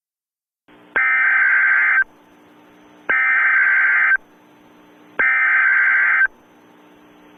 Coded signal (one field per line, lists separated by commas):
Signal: Emergency Alert System (SAME) tones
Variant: header bursts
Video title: EAS in Television: "War of the Worlds"